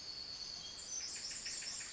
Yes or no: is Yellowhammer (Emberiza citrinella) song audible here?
no